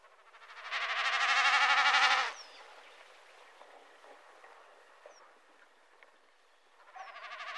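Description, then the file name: Common snipe giving a loud, pulsed, bleating hum lasting about one and a half seconds, then quiet background, with a second bleating burst starting near the end. "Enkelbeckasin"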